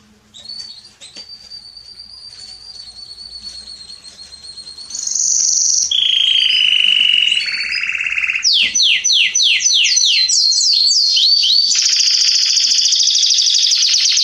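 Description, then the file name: Canary song, starting with soft thin notes, then a loud buzzy trill followed by rapid repeated downslurred whistles and a sustained high rolling trill. "Canary Voice"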